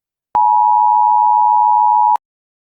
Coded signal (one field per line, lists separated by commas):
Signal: Emergency Alert System (SAME) tones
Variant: 853 and 960 Hz attention tone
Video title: EAS Scenario: DON'T LOOK BEHIND YOU